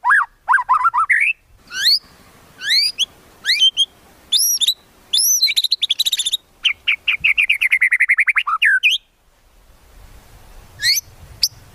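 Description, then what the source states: White-rumped shama song of loud rising whistled sweeps and high chirps, then a rapid stuttering series of notes before a pause and a couple of final notes. Song used as a lure for trapping.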